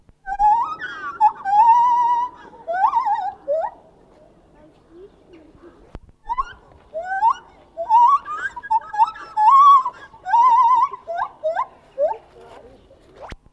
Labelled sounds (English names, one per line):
Lar Gibbon